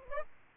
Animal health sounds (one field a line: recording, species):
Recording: mosquito wingbeat signal from an infrared sensor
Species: Aedes aegypti